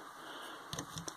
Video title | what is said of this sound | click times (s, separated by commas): Transformers Titans Return Triggerhappy & Blowpipe from Hasbro | his head clips on nicely | 1.1 s